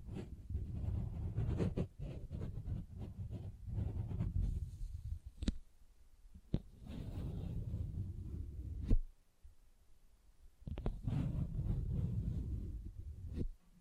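Tapping and scratching textures come in dense low rustling bursts, broken by sharp clicks around five, six and nine seconds and brief pauses.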